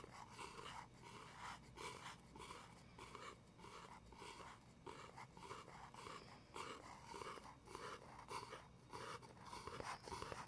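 Gentle tapping and scratching runs steadily throughout, made of short, airy, rasping strokes that repeat every half second or so in an uneven rhythm. The strokes stay soft and even in loudness, over a faint low rumble that never drops away.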